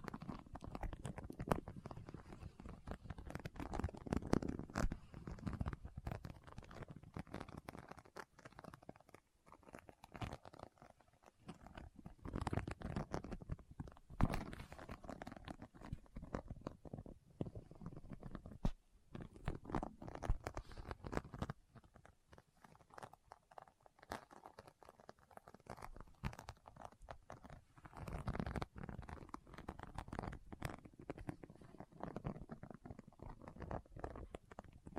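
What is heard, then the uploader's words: Rummaging through a bag with no talking: dense, irregular rustles, crinkles and soft taps fill the whole stretch, mostly low and muffled with sharper crisp bits. Brief lulls break it near 9 and 19 seconds, and a zipper-like rasp surfaces now and then. ASMR What's In My Bag (No Talking).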